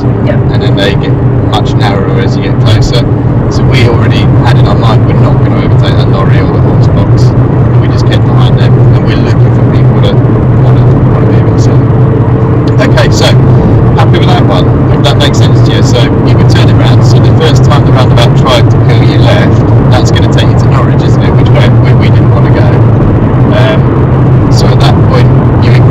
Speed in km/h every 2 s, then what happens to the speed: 79, 92, 85, 85, 87, 89, 89, 89, 89, 90, 90, 90, 90.
0-2 speeds up to 92. 2-26 steady at about 89.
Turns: none.